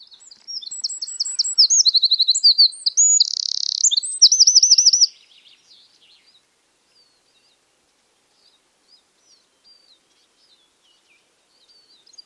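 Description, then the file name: Eurasian wren song: a burst of fast high trills and a buzzy rattle for about four and a half seconds, then near silence with faint chirps. "Troglodytes troglodytes"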